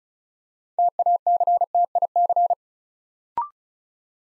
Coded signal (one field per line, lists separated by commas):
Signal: Morse code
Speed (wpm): 36 wpm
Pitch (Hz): 700 Hz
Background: none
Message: TACTIC